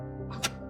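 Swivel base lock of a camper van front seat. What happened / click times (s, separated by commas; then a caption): The seat swivel lock clacked home / 0.5 s. A camper van's front cab seat is turned back to the driving position and pushed until its swivel base lock engages. Over a steady tonal background, one sharp, loud clack is heard at 0.4 s. The swivel lock is seated and locked.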